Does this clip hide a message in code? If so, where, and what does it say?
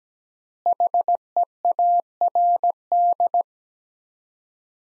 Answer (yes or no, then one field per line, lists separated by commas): yes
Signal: Morse code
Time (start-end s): 0.7-3.4 s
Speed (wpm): 17 wpm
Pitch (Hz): 700 Hz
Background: none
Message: HEARD